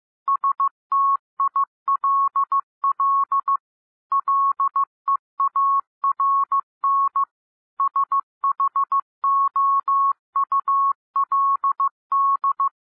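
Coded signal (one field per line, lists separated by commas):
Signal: Morse code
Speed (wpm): 15 wpm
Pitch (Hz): 1100 Hz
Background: none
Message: STILL LEARN SHOULD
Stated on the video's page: Morse reading practice at 12-15 and 15-15 WPM, listened to while following text on screen.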